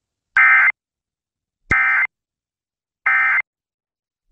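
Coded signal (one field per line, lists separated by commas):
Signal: Emergency Alert System (SAME) tones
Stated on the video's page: Tsunami Warnings for the Alaska Peninsula after a magnitude 7.5 earthquake near Sand Point, Alaska.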